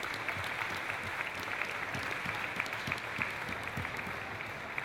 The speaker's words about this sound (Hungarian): Úgyhogy jár nektek a taps minden elismeréssel, mert ezt ti is adtátok össze, szóval köszönjük!